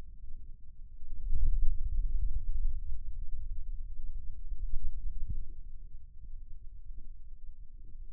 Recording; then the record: forearm muscle sounds (acoustic myography)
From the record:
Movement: radial deviation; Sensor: system 2, bracelet of six BSWA MPA416 microphones around the upper forearm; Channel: 1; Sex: male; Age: 22 years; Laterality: right